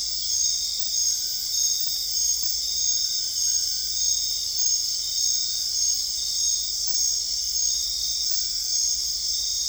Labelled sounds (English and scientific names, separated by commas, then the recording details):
none
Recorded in dense forest near Puerto Asís, Putumayo, Colombia, on 20 December 2024 at 22:30
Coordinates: 0.485, -76.318
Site GP03